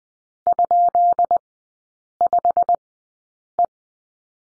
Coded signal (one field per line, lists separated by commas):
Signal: Morse code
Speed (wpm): 20 wpm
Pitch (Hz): 700 Hz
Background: none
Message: ?5E